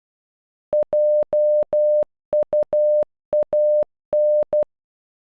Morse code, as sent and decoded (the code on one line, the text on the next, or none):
.--- ..- .- -.
JUAN